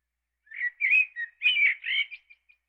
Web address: eastern blackbird